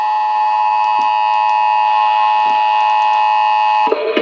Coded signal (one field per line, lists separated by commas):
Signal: Emergency Alert System (SAME) tones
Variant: 853 and 960 Hz attention tone